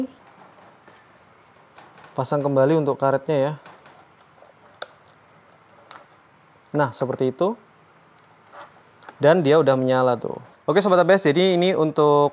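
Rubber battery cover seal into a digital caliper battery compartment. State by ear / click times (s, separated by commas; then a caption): seated / 4.8 s. After the battery is inserted, the rubber battery-compartment seal is pressed back into the body of a Strummer DC-150X digital vernier caliper so the seal is fitted properly for its IP65 rating. Between bursts of someone talking, small sharp ticks are heard, and the seal seats with the strongest tick at 4.8 s. The caliper's display then turns on.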